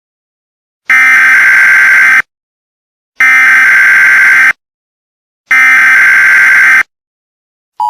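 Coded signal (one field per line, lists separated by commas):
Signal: Emergency Alert System (SAME) tones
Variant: header bursts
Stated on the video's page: Simulated, fictional EAS scenario broadcast of a derecho event.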